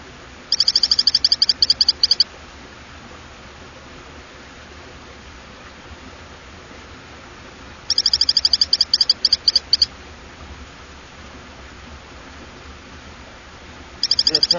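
Hylodes phyllodes frog calling in three bursts of rapid, very high whistled notes, roughly seven seconds apart; the first two trains last about two seconds each and the last is cut off, over a steady hiss.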